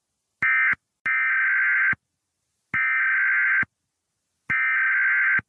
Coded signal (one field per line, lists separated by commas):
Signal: Emergency Alert System (SAME) tones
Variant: header bursts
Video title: EAS Scenario: Smoking Mountain (Part II)